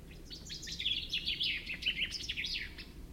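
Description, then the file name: Common chaffinch song: a fast, cascading series of sharp trilled notes running throughout, over soft low hum. "Fringilla coelebs"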